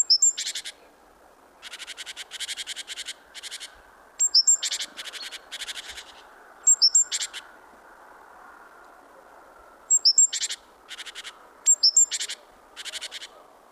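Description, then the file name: Great tit calls: repeated harsh, buzzy churrs broken by pairs of thin, high-pitched notes, continuing busily throughout. "Parus major"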